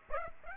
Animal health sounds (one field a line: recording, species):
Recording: mosquito wingbeat signal from an infrared sensor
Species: Aedes aegypti